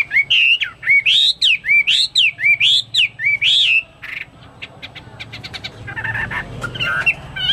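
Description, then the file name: Chinese hwamei song: loud, rich whistled phrases rising and falling, repeated rapidly in looping notes, then softer scattered chips and harsh notes near the end. "omkicau hwamei"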